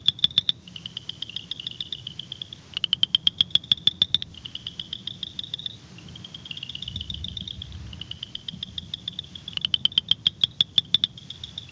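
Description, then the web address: Tree frog calling, shrill trills interleaved with repeated volleys of crisp clicks at irregular intervals, soft background hum throughout. "Hylidae"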